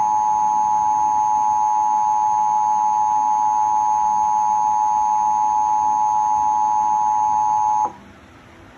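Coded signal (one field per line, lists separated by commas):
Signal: Emergency Alert System (SAME) tones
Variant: 853 and 960 Hz attention tone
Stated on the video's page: Suddenlink/Optimum cable EAS for a West Virginia statewide tornado drill.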